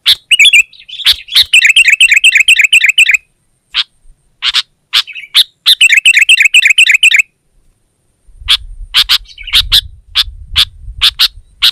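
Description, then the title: Sooty-headed bulbul pouring out fast, trilling chirped phrases, separated by single sharp notes and near silence. "kutilang"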